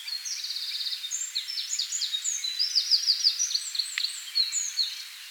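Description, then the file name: Eurasian wren song: a continuous stream of high, rapid trills and sharp chirps over about five seconds, against light background hiss. "Troglodytes troglodytes"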